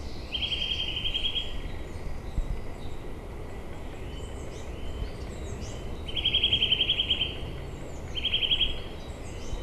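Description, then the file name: Eurasian nuthatch giving fast, even trills of piping notes, three short bursts over a steady background hiss. "Sitta europaea"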